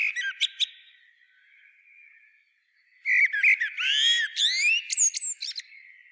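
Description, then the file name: Common blackbird giving a few brief squeaks, then a dense outburst of twittering notes and upward-sweeping high whistles after a quiet pause. "Turdus merula"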